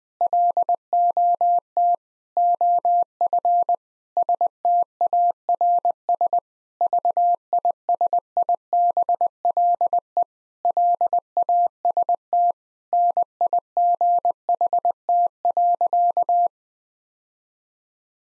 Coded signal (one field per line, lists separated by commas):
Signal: Morse code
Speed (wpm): 20 wpm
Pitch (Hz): 700 Hz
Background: none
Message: LOT OF STARS VISIBLE LAST NIGHT.